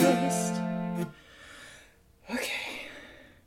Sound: deep breath